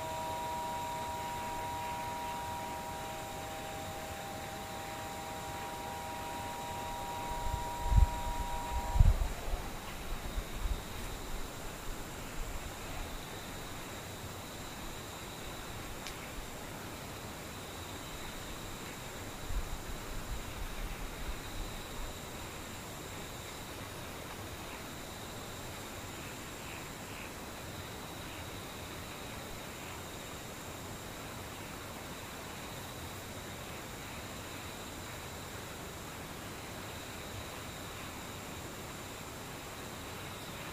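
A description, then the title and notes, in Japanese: Near-silence with distant insects: a faint, steady high trill hangs over a soft, even hiss for the whole 41 seconds. A thin steady tone sounds for the first nine seconds, ending with a pair of low thumps, and a brief stir of low rumbling comes around twenty seconds. 無音 遠くにムシ。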